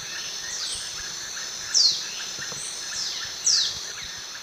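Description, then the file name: Fulvous shrike-tanager calls: two sharp, steeply down-slurred high notes about two seconds apart, each preceded by a fainter down-slurred note, over a steady high insect drone. Pair calling, eastern lowlands of South America. "Lanio fulvus, calls pair"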